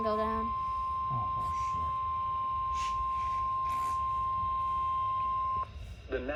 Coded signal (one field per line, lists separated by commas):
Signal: Emergency Alert System (SAME) tones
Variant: 1050 Hz attention tone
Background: speech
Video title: PURE CHAOS 1 | An EAS Event | EAS 35-52 | MonkeyFilmRadios